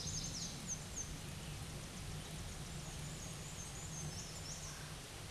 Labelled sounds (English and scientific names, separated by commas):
Black-and-white Warbler (Mniotilta varia) song